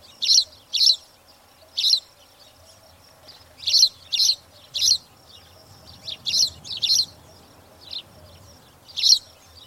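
Spanish sparrow chirps, loud paired notes in bursts with short silences, and fainter chirps in between.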